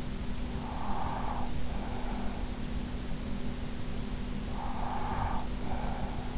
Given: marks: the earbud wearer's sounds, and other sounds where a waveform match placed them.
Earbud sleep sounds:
sounds in sleep by an in-ear microphone; breath
0.37-2.96 s: breath
4.35-6.38 s: breath

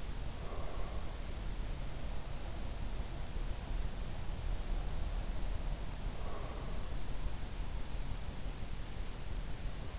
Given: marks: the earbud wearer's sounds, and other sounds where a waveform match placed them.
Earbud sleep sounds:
sounds in sleep by an in-ear microphone; breath
0.00-1.17 s: breath
5.91-6.79 s: breath

